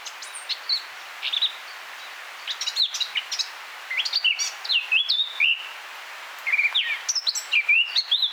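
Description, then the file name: Eurasian blackcap singing, a lively warble of varied whistled and chattering notes in several phrases separated by brief pauses. "Sylvia atricapilla"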